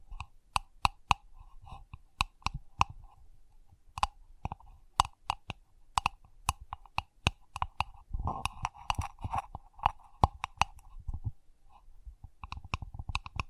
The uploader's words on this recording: ASMR Sensitive Tapping (No Talking).